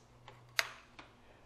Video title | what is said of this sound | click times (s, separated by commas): Ford 2.3L & 2.5L Duratec Engine Spark Plug Replacement | plug your connector in until it clicks | 0.6 s